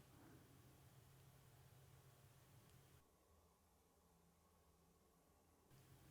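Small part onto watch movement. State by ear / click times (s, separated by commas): not seated / none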